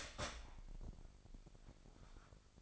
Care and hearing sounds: daily activity, microphone in the room; start toaster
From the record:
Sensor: 5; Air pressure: 1007.4 hPa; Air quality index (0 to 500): 127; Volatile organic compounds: 1 ppm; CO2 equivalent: 965 ppm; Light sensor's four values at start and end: 26/60/24/25 and 26/60/24/25

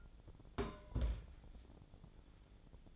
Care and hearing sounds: daily activity, microphone in the room; place on stove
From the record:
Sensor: 5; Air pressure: 1000.1 hPa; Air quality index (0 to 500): 95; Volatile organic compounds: 1 ppm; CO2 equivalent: 775 ppm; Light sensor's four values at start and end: 287/670/292/327 and 289/671/294/329

